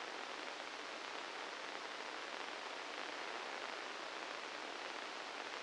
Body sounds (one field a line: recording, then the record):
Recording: brain microelectrode recording played as sound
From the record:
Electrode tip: inside the subthalamic nucleus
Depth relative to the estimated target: 2 mm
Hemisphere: left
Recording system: NeuroSet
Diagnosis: Parkinson's disease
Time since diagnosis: 9 years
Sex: male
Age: 61 years